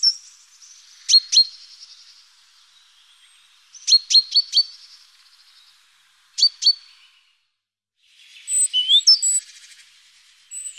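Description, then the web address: Great tit calling with sharp, high, clipped notes in small clusters every few seconds, ending with a burst of thin twittering. "Mesange charbonniere"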